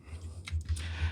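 A blue plastic folding piece of a Moon Studios MS-04 Moon Shine transforming toy figure is pushed into place after some struggle, giving a sharp click at 0.5 s as it seats. Softer plastic handling noises follow around 0.6 to 0.8 s over a steady low hum.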